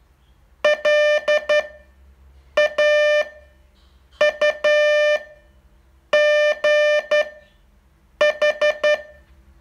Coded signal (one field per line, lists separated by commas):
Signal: Morse code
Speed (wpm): 12 wpm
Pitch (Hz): 600 Hz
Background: none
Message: LAUGH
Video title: Learn Morse in 42 Days from VU2LAU - day 38 test